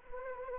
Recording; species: mosquito wingbeat signal from an infrared sensor; Anopheles arabiensis